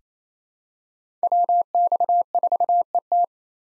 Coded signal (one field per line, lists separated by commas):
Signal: Morse code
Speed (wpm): 28 wpm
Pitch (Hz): 700 Hz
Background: none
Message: WX4ET